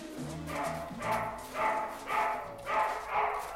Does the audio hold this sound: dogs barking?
yes